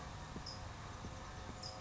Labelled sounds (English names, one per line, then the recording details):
California Towhee
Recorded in Sonoma County, California